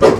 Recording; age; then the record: pig call; growing-finishing pig (85 days or more)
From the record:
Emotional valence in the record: positive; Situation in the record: run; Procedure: transit